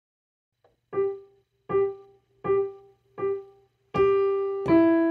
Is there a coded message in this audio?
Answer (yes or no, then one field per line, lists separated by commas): no